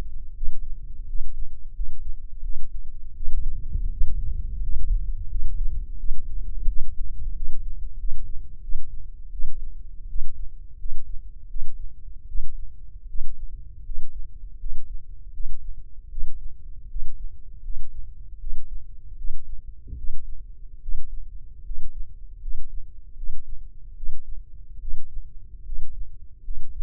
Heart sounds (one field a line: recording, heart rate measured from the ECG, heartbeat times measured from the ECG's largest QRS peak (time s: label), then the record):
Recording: heart sounds by microphone in the left ear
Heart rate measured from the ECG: 81 bpm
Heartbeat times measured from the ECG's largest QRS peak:
0.34 s: heartbeat
1.06 s: heartbeat
1.73 s: heartbeat
2.41 s: heartbeat
3.14 s: heartbeat
3.89 s: heartbeat
4.60 s: heartbeat
5.28 s: heartbeat
5.97 s: heartbeat
6.66 s: heartbeat
7.34 s: heartbeat
7.97 s: heartbeat
8.61 s: heartbeat
9.30 s: heartbeat
10.07 s: heartbeat
10.77 s: heartbeat
11.47 s: heartbeat
12.26 s: heartbeat
13.06 s: heartbeat
13.83 s: heartbeat
14.58 s: heartbeat
15.31 s: heartbeat
16.09 s: heartbeat
16.87 s: heartbeat
17.61 s: heartbeat
18.38 s: heartbeat
19.15 s: heartbeat
19.95 s: heartbeat
20.80 s: heartbeat
21.63 s: heartbeat
22.39 s: heartbeat
23.15 s: heartbeat
23.94 s: heartbeat
24.79 s: heartbeat
25.63 s: heartbeat
26.42 s: heartbeat
From the record:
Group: healthy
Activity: rest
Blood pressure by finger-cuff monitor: 161/88 mmHg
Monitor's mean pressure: 114 mmHg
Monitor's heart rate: 79 bpm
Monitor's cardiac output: 7 L/min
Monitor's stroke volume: 89 mL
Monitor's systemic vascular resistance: 1220 dyn s/cm5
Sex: male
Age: 21 years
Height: 180 cm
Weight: 67.5 kg